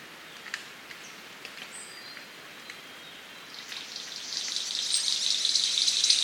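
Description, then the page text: King of Saxony bird-of-paradise: a few faint clicks and thin tones, then a high crackling hiss that swells and carries on to the end. "Чешуйчатая райская птица - King of Saxony Bird-of-paradise (Pteridophora alberti). The Birb"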